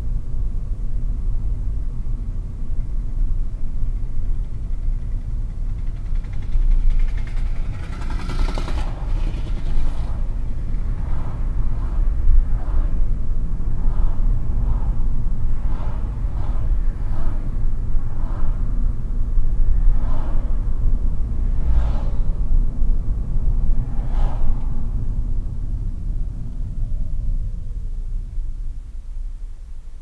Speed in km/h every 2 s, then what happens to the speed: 33, 31, 29, 28, 33, 38, 41, 37, 37, 40, 44, 41, 26, 8, 0.
0-6 steady at about 29. 6-11 speeds up to 41. 11-16 steady at about 37. 16-21 speeds up to 44. 21-27 brakes to 0. 27-30 standing.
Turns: none.